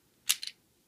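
The orange button under a plastic Shinkarion Shinkansen Henkei Robo 04 H5 Hayabusa transforming toy train robot is pressed, releasing its spring-loaded parts with a sharp snap at 0.3 s, followed by a quieter second snap at 0.5 s. The panels spring open and the head pops up, so the spring-loaded release has worked.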